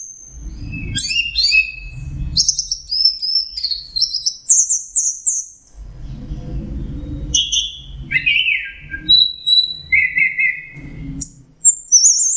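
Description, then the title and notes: Orange-headed thrush song, a varied run of high whistles, buzzy notes and rapid trills between pauses, over low rumbling bursts of background noise. Masteran training recording for Anis Kembang (chestnut-capped thrush); Anis Merah teler song style. "Suara Burung Anis Merah Teler. Masteran Anis Kembang"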